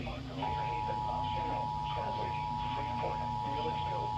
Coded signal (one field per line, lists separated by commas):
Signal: Emergency Alert System (SAME) tones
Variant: 853 and 960 Hz attention tone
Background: speech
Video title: (EAS #144) Severe Thunderstorm Warning for Ogle, Illinois